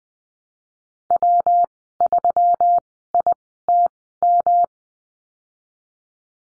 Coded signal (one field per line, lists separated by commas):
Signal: Morse code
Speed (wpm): 20 wpm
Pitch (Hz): 700 Hz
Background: none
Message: W 3 I T M